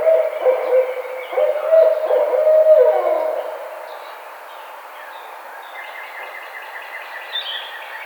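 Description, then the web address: Barred owl giving loud low hoots ending in a downward-sliding drawl, followed by quieter seconds in which faint higher bird notes can be heard. Recorded on 4 May 2009. "Barred Owl 2009 05 04 Barred Owl"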